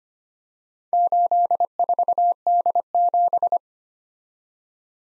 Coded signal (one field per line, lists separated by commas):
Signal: Morse code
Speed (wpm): 29 wpm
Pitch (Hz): 700 Hz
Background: none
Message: 84D7